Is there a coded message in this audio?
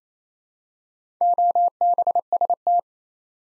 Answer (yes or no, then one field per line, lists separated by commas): yes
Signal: Morse code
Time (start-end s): 1.2-2.8 s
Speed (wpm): 27 wpm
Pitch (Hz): 700 Hz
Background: none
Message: OBST